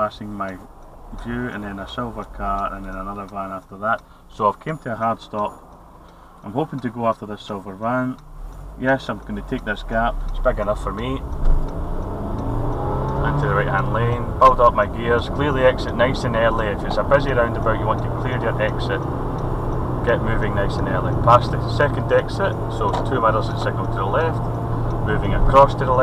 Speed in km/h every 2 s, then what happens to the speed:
0, 0, 0, 0, 0, 6, 16, 32, 37, 40, 44, 45, 45.
0-9 standing. 9-20 pulls away to 44. 20-26 steady at about 45.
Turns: 15-26.